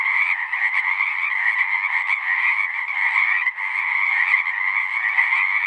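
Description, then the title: Pacific chorus frog: a thick chorus of Pacific chorus frogs, raspy croaks piling over one another, with one brief dip in the din midway. Full chorus after dusk; males giving advertisement calls to attract females, a distinct kree-eeck or ribbit. "Chorus Frogs, Full Chorus, post-dusk"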